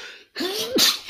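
A brief pause, then a short voiced intake that rises in pitch, ending in one sharp, hissing burst: a single 'ah-choo' sneeze from an adult in the morning, a repeat sneeze following an earlier one. Faint room noise is heard before and after.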